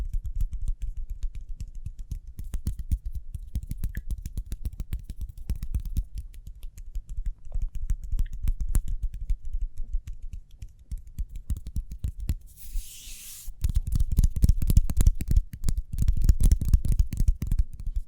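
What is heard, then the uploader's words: Speedy hand sounds: a dense, rapid run of soft taps and clicks, like fingers drumming or typing, with a low thudding weight under each hit. Around 12.5 seconds a brief bright hiss breaks in, then the tapping returns heavier and louder to the end. ASMR Speedy Hand Sounds (No Talking).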